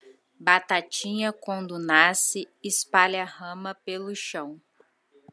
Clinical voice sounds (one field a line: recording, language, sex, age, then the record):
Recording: short text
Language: Brazilian Portuguese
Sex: female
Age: 30 to 39 years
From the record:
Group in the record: control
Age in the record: 35 years